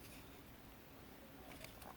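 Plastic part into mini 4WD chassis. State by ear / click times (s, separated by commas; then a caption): not seated / none. A plastic part is handled against a mini 4WD MA chassis, tilted and fitted bottom end first before the front section is pressed. There is quiet, low handling noise with a few faint, light taps near the end. The part has not snapped or seated yet.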